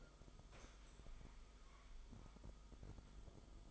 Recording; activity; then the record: daily activity, microphone in the room; sit down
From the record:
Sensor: 5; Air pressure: 1005.1 hPa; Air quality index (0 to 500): 106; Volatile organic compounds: 2 ppm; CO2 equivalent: 1304 ppm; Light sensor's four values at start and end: 34/80/32/30 and 34/80/32/30